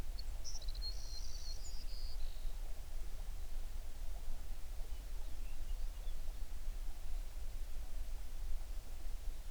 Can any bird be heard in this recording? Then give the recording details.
yes. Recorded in the Prudhoe Bay oil fields, Alaska, on 11 June 2019 at 05:27. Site 21